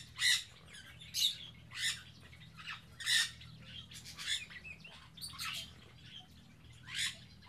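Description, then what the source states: Birds giving loud, harsh screeching squawks repeatedly, with softer chatter between them and a faint low hum underneath. Captive birds kept in an aviary on Spetses.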